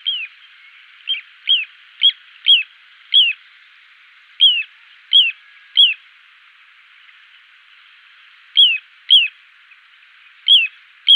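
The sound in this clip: Little ringed plover giving clear, high, down-slurred whistled calls in short runs, with longer gaps between runs.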